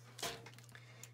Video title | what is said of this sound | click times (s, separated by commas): Scrapbook Layout #32 using True Gentleman DSP - Episode 216 | snaps right into place here and I'm ready to go | 1.0 s